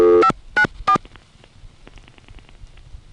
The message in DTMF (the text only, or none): 594